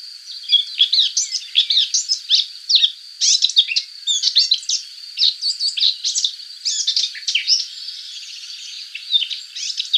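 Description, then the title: Subalpine warbler singing fast, scratchy twittering of dense buzzy notes in quick bursts, over a constant faint high-pitched whine. "Sylvain Jaskowiak - Mes piafs. Fauvette passerinette"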